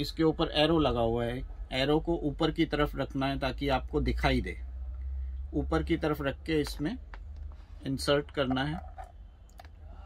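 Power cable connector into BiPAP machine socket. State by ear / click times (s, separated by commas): not seated / none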